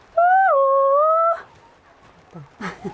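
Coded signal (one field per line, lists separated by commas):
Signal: whistled language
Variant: Khasi name-melody (jingrwai iawbei)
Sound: one hummed or sung tone lasting about a second, stepping down in pitch, then holding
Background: quiet room, faint voices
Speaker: તે ટૂંકો સૂર છે. હકીકતમાં, દરેક વ્યક્તિ પાસે બે સૂર અથવા સૂર હોય છે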